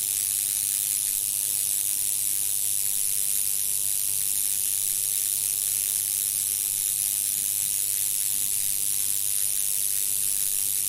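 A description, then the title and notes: A neon sign buzzes steadily, a constant electric hiss that sits bright and high, with a faint low hum underneath. Fine crackling ticks run through it without pause, and nothing changes across the whole stretch. Sounds of UCL: Norman Collie's 1895 prototype for the neon sign. This 2012 audio recording is the first time this glass tube has been recorded in use. In this recording, Professor Alwyn Davies in the UCL Chemistry Department is lighting the tub with a Tesla coil, a type of transformer designed to provide a high voltage at high frequency and low current.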